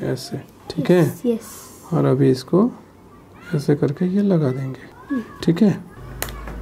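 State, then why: Seated. Someone talks while the SIM card holder of a WatchOut Wearables Next-Gen kids smartwatch is lifted, a SIM card is inserted, and the holder cover is pressed shut. A sharp click at 6.2 s marks the SIM tray cover locking shut and seating.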